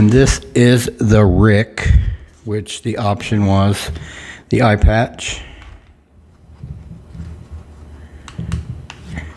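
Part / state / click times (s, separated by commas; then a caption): eye patch accessory into a figure's eye socket / seated / 8.9 s. Someone talks while fitting the optional eye patch piece into the eye socket of a Deforeal series Hedorah 1971 RIC edition vinyl kaiju figure, followed by quieter handling noise. A couple of small taps come at 8.3 s and 8.5 s, then the eye patch pops into place with a sharp click at 8.9 s and sits seated in the socket.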